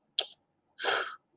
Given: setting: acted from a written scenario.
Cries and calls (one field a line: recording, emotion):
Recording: vocal sound without words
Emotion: anger